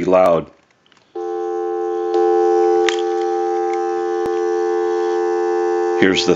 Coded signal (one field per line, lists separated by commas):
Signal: telephone call progress tone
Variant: North America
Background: speech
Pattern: dial tone